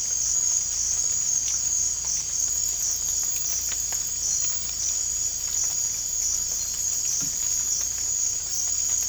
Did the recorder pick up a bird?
no